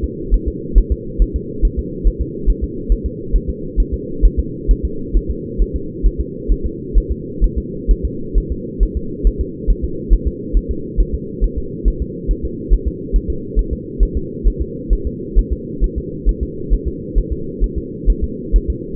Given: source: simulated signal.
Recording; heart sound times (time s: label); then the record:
fetal heart sounds
0.04 s: S2
0.34 s: S1
0.48 s: S2
0.78 s: S1
0.92 s: S2
1.22 s: S1
1.36 s: S2
1.65 s: S1
1.79 s: S2
2.07 s: S1
2.21 s: S2
2.50 s: S1
2.64 s: S2
2.92 s: S1
3.06 s: S2
3.36 s: S1
3.50 s: S2
3.80 s: S1
3.94 s: S2
4.25 s: S1
4.39 s: S2
4.71 s: S1
4.85 s: S2
5.17 s: S1
5.31 s: S2
5.62 s: S1
5.76 s: S2
6.06 s: S1
6.21 s: S2
6.52 s: S1
6.66 s: S2
6.98 s: S1
7.12 s: S2
7.44 s: S1
7.58 s: S2
7.91 s: S1
8.05 s: S2
8.38 s: S1
8.52 s: S2
8.83 s: S1
8.97 s: S2
9.27 s: S1
9.41 s: S2
9.70 s: S1
9.84 s: S2
10.13 s: S1
10.28 s: S2
10.57 s: S1
10.71 s: S2
11.00 s: S1
11.14 s: S2
11.44 s: S1
11.58 s: S2
11.88 s: S1
12.02 s: S2
12.31 s: S1
12.45 s: S2
12.74 s: S1
12.88 s: S2
13.16 s: S1
13.30 s: S2
13.59 s: S1
13.73 s: S2
14.03 s: S1
14.17 s: S2
14.48 s: S1
14.62 s: S2
14.93 s: S1
15.07 s: S2
15.38 s: S1
15.53 s: S2
15.84 s: S1
15.98 s: S2
16.29 s: S1
16.43 s: S2
16.74 s: S1
16.88 s: S2
17.18 s: S1
17.32 s: S2
17.64 s: S1
17.78 s: S2
18.10 s: S1
18.24 s: S2
18.56 s: S1
18.70 s: S2
From the record:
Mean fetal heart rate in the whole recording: 135 bpm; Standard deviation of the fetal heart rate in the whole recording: 3 bpm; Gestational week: 36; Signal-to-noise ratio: -4.3 dB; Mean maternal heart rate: 72 bpm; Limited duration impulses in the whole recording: absent